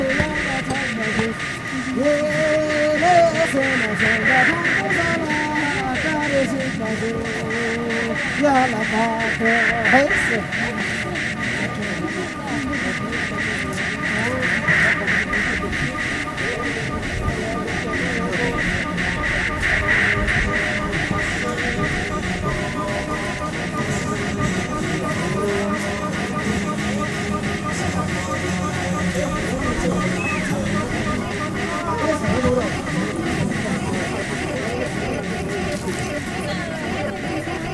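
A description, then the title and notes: Pilgrims circle the Jokhang temple in Lhasa, their voices forming a dense, steady murmur of overlapping talk. A persistent ringing tone runs underneath throughout, and faint clicks and brief louder calls surface now and then, with a low rumble of movement beneath. Sounds from a walk (khora) around the Jokhang ,first temple of Lhassa, Tibet ,with a flow of pilgrims and religious shops. Electronic treatment in direct.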